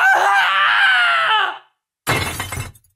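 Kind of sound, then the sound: human body sound, man screaming in terror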